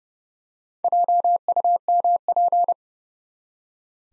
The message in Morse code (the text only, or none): JUMP